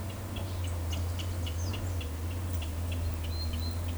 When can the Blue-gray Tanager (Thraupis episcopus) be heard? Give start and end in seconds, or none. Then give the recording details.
none. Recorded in forest near Pivijay, Magdalena, Colombia, on 1 June 2023 at 11:00. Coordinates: 10.467, -74.380. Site Z5-G034